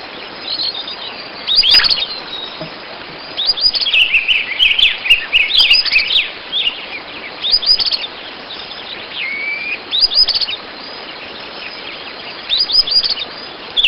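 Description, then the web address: Bird: high, sharp chirping from a bird in repeated short clusters every couple of seconds, with one busier twittering stretch and a brief level whistled note, over soft hiss. "BIRD 2015 SABIOD 50 bird 2015"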